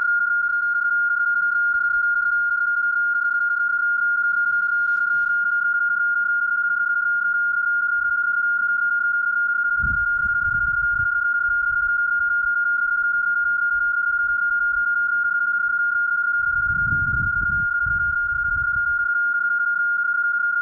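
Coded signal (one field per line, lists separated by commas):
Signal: PSK31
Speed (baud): 31.25 baud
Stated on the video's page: PSK31 sent during a Summits on the Air activation.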